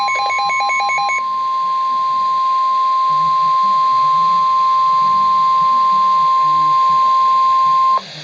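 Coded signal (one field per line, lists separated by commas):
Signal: Emergency Alert System (SAME) tones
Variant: 1050 Hz attention tone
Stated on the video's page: Real NOAA Weather Radio special marine warning.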